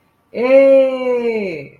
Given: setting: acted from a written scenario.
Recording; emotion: vocal sound without words; pride